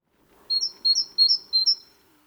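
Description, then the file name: Great tit song: four quick two-note phrases, each a short lower note followed by a higher whistle, repeated steadily over about one and a half seconds. "Parus major"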